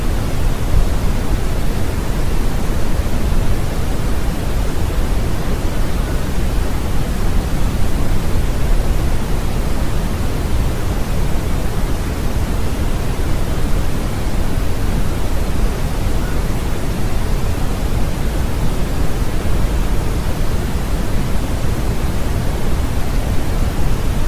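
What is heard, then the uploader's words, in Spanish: Brown noise blended with rainforest sound forms an unbroken, even wash that stays level for the whole stretch. The sound is heaviest and densest in the low range, a deep rumbling hiss with a softer airy top. No distinct calls or events stand out. Ruido Marrón de la Selva Tropical. Combinamos los sonidos del sueño de la selva tropical con un suave sonido marrón. Similar al sonido estable y constante de un ventilador. Sonido marrón y el ruido de la selva tropical.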